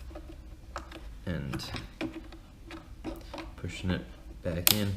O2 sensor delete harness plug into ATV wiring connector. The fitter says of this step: making sure you hear that snap,